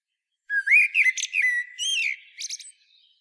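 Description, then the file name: Common blackbird song: a low fluted whistled phrase rising and falling around a steady pitch, ending in a brief squeaky twitter, on a quiet clean background. "Turdus merula"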